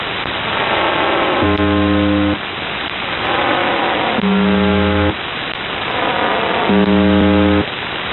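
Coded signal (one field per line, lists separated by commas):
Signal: channel marker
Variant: UVB-76 (The Buzzer)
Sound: three harsh low buzzes, each under a second, repeating every few seconds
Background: radio static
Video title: UVB 76 4625 KHZ 261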